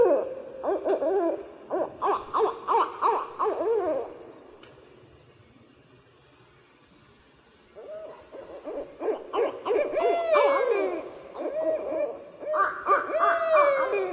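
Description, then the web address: Barred owls in a raucous chorus of rhythmic hoots and cackles, a quiet pause midway, then wavering hoots ending in long downslurred wails. "Songs of Birds of North America Western USA Songbirds. Barred Owl"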